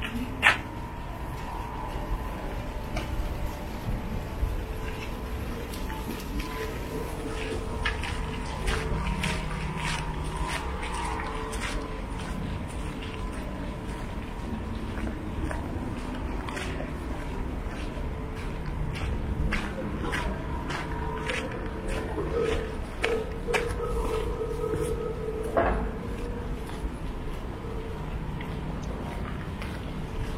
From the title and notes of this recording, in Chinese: 行走在闹市街头。